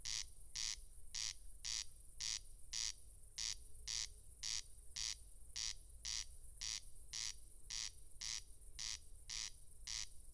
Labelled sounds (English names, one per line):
Corn Crake song